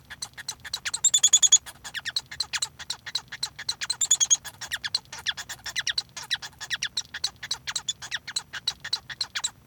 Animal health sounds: song of a male Bengalese finch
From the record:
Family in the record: son of father 1

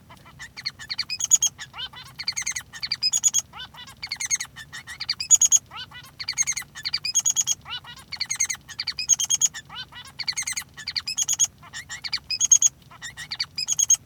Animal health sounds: song of a male Bengalese finch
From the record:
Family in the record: son of father 3

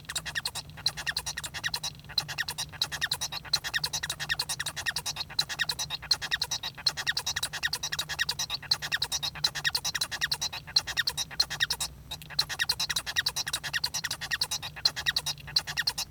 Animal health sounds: song of a male Bengalese finch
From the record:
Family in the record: son of father 1

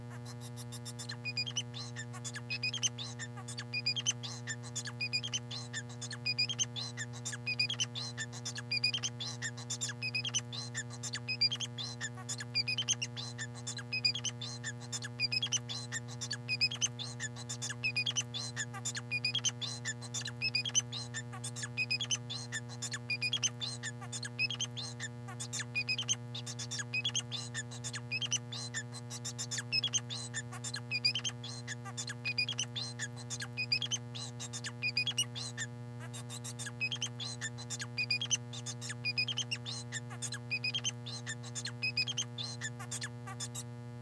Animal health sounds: song of a male Bengalese finch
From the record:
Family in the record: son of father 4

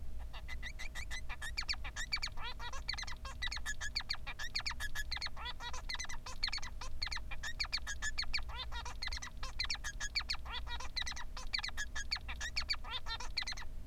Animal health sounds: song of a male Bengalese finch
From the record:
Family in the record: son of father 3

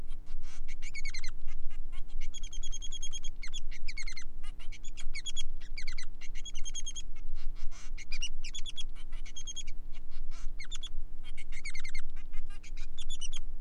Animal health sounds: song of a male Bengalese finch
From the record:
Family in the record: son of father 3

